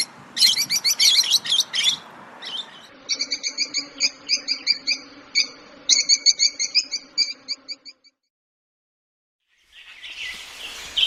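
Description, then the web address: Fischer's lovebird chirping, first a burst of harsh high twitters, then a steady run of clipped nasal notes, several per second, a short silence and a fresh noisy outburst. "golosa ptic kak poyut popugai nerazlucniki agapornis. agapornis fischeri"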